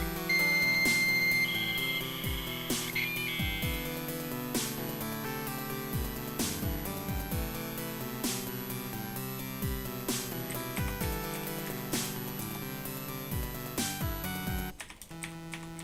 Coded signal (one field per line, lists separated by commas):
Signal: dial-up modem handshake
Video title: Dial-Up Dating ♥ Digital: A Love Story Recap (3/3)